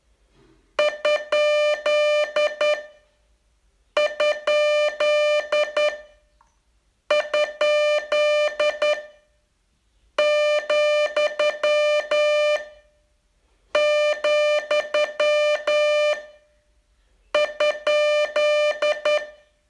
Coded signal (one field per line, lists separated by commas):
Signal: Morse code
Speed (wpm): 8 wpm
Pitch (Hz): 600 Hz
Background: music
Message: ???,,?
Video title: Learn Morse in 42 Days from VU2LAU - day 38